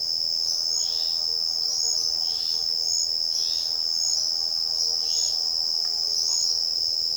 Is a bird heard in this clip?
no